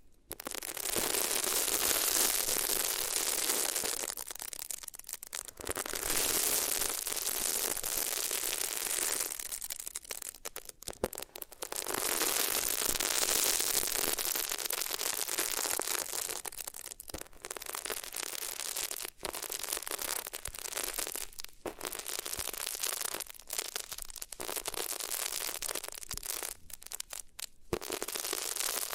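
Ears rubbed against different materials make a dense, scratchy rustle that fills the clip with crackling friction. The rubbing comes in long sweeps broken by brief near-silent gaps around 5, 10, 17 and 21 seconds, with sharp clicks and pops scattered throughout.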